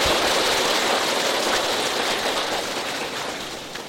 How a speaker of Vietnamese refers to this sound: Xin đại chúng cho một tràng pháo tay để chúc mừng Phật tử.